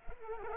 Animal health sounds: mosquito wingbeat signal from an infrared sensor; Culex pipiens

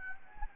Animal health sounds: mosquito wingbeat signal from an infrared sensor; Anopheles gambiae

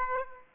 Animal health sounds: mosquito wingbeat signal from an infrared sensor; Aedes aegypti

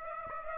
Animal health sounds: mosquito wingbeat signal from an infrared sensor; Aedes aegypti

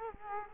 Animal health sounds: mosquito wingbeat signal from an infrared sensor; Culex quinquefasciatus

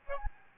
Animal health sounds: mosquito wingbeat signal from an infrared sensor; Aedes albopictus

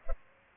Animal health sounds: mosquito wingbeat signal from an infrared sensor; Culex pipiens

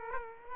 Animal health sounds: mosquito wingbeat signal from an infrared sensor; Culex quinquefasciatus

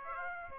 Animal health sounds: mosquito wingbeat signal from an infrared sensor; Aedes aegypti

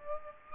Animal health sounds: mosquito wingbeat signal from an infrared sensor; Aedes aegypti

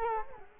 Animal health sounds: mosquito wingbeat signal from an infrared sensor; Culex quinquefasciatus

